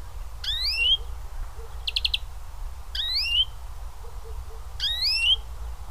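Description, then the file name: European greenfinch calls: three clear rising, nasal upslurs with one short fast chatter between them, over low steady background noise. "Chloris chloris"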